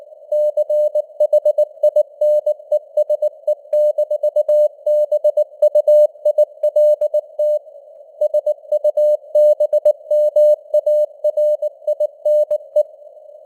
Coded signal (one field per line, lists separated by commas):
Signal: Morse code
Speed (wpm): 19 wpm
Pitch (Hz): 600 Hz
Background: none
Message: CHINESE-BUILT SUBMARINE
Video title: Morse Code News | 2025-11-03 | 19wpm